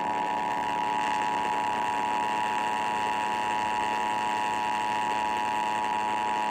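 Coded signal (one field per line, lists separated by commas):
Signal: Emergency Alert System (SAME) tones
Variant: 853 and 960 Hz attention tone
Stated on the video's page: Iowa EAS Required Monthly Test originated from an AM station and relayed on all Iowa radio and TV stations.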